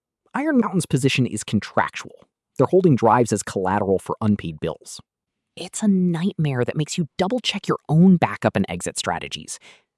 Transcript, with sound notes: Iron Mountain’s position is contractual; they’re holding drives as collateral for unpaid bills.
[thoughtful] It’s a nightmare that makes you double-check your own backup and exit strategies.